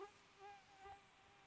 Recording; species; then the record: mosquito flight sound by mobile phone; Aedes sierrensis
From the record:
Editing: cut to the mosquito's sound